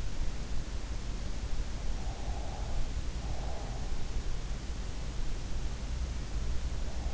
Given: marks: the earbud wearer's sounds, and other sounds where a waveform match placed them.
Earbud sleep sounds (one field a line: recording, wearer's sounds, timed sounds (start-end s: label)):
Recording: sounds in sleep by an in-ear microphone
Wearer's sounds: breath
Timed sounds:
2.13-3.83 s: breath